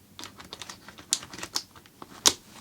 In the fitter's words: it just clicks into place phenomenal yeah so